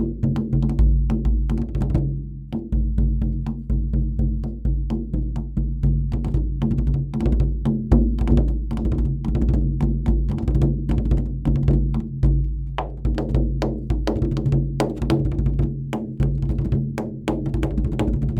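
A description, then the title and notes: Throat singing holds a low, steady drone beneath a fast, regular shamanic drum beat, with brief pauses in the drumming near 2.5 and 12.5 seconds. Sounds of Throat Singing and Shamanic Drum. This is a small part of my practising of some kind of Kargyraa style throat singing meanwhile playing on my shamanic drum. It’s fully natural, no effects were used.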